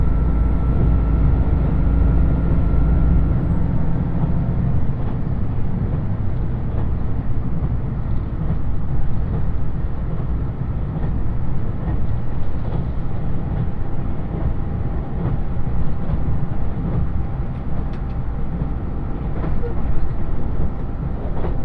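A diesel limited express train on the Yosan Line runs steadily, its engine a loud, dense low rumble throughout. In the first few seconds a deeper droning hum and a high whine sit over the noise, then fade, leaving constant rumbling with occasional clicks and a faint thin tone.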